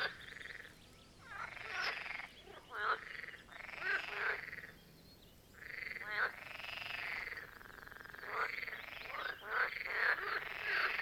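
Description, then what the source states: Marsh frogs in chorus, overlapping rattling, pulsed croaks about a second long, several callers answering one another with a few short pauses. Chorus of marsh frogs at the Birkensee, Schönbuch, Germany; recorded on one of the first properly hot summer days, 2023.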